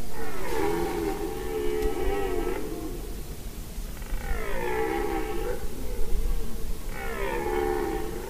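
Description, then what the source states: Red deer stag roaring: three long, deep, harmonic roars separated by short pauses, the last cut off. Harem stag on an island during the rut, answering an imitated strong stag's call; it has turned toward the observers and is no more than 80 metres away.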